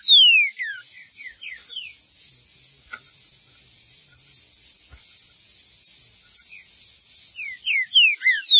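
Green-winged saltator song: clear whistled notes sliding downward, delivered in quick bursts at the start and again near the end, with a quiet gap between.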